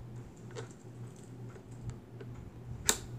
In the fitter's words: heard it that snapped on that 16 millimeter reel